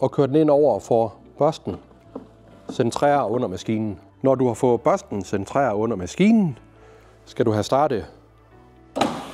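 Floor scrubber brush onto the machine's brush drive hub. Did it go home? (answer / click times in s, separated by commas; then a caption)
yes / 9.0 s. A brush is centred under a walk-behind NH GV380-W floor scrubber, and the brush motor is started so the machine's brush drive hub engages the brush while someone talks. A short mechanical click at 9.0 s, followed by motor noise, marks the brush locking onto the drive and seating in place.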